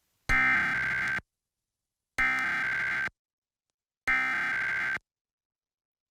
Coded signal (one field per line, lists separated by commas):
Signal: Emergency Alert System (SAME) tones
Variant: header bursts